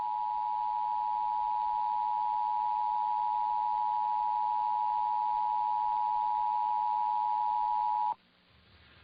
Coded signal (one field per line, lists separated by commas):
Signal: Emergency Alert System (SAME) tones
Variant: 853 and 960 Hz attention tone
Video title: [EAS #2218-2237] RWTs & RMTs from the week of 2/27/23